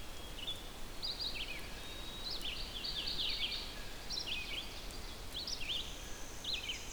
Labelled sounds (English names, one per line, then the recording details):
Red-eyed Vireo song
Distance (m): 65 m
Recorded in boreal forest in Alberta, Canada, on 6 June 2016 at 08:35
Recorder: SongMeter 3, array SBT-3-51
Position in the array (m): 145 m, 78 m